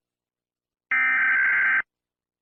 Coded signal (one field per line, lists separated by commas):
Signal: Emergency Alert System (SAME) tones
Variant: header bursts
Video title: Eas scenario toppat invation